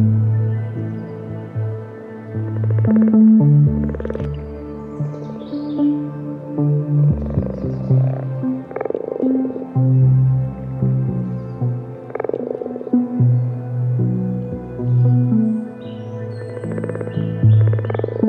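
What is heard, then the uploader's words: Frogs call from a pond during mating season, a dense chorus of low, droning croaks that overlap into a continuous throb. Short, brighter calls break through every second or two, and the loudness swells and dips without ever dropping out. The Vinegar Pond is a body of water on Mousehold Heath near Norwich, and is popular with frogs during mating season.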